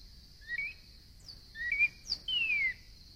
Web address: birds Northern Cardinal